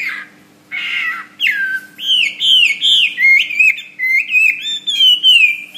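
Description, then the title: Bird song opening with two harsh rasping notes, then a string of clear slurred whistles repeated about three times a second. "SuaraBurung Kicau"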